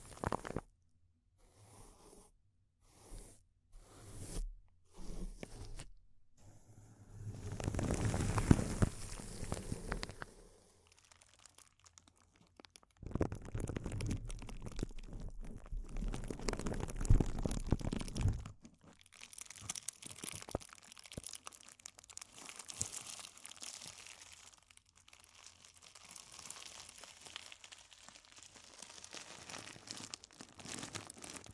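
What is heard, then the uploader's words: Close-up crinkling of what sounds like plastic or foil. Short separate bursts with silences come first, then two long dense stretches of loud crumpling around 7–10 and 13–18 seconds, and the last part settles into quieter, scattered crackles and rustles. ASMR Intense Close-Up Crinkles (No Talking).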